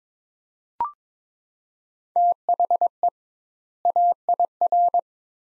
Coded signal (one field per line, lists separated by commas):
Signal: Morse code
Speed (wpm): 22 wpm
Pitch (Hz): 700 Hz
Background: none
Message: THE AIR